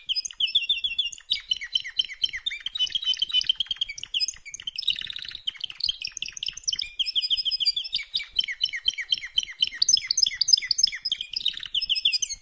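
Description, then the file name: Canary song, a dense unbroken stream of high rapid trills and chirps, shifting through varied tours with a brief buzzier rattle in the middle. "Canary Voice"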